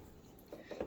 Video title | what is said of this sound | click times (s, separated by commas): How to reboot restart Neato D7 BOTVAC remove battery, take off bottom panel, replace, install | okay now yeah i use my finger and you'll kind of hear it click in place when it's back in | 0.8 s